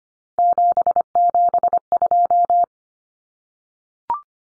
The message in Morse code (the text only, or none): 772